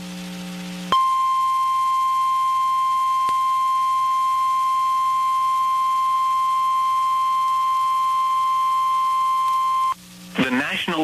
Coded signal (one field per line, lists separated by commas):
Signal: Emergency Alert System (SAME) tones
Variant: 1050 Hz attention tone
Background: speech